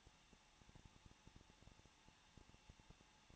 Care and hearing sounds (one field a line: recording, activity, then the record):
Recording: daily activity, microphone in the room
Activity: no activity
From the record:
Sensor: 1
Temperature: 20.1 degrees Celsius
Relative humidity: 39.3%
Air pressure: 1006.4 hPa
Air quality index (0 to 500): 218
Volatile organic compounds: 80 ppm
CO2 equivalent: 3605 ppm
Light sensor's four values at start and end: 1/2/1/1 and 1/2/1/1